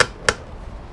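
A plastic mirror part for EZView Mirrors on a 2005-15 Toyota Tacoma is pushed back into its side mirror housing after the tabs are lined up. Two sharp snaps ring out at 0.0 s and 0.3 s, and the part is seated.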